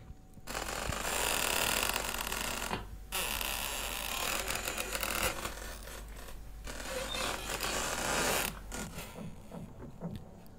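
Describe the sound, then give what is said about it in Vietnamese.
Old door hinges creak as a house door is slowly opened, in a long, grinding, ratcheting drawl that stretches over several seconds, with brief pauses between strained, scraping pulls and no voices. “Tiếng bản lề cũ kỹ vang lên đến giận cả người.”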